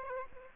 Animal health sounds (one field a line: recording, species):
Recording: mosquito wingbeat signal from an infrared sensor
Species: Aedes aegypti